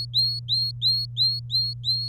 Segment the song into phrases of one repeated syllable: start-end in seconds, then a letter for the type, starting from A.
0.00-2.08 A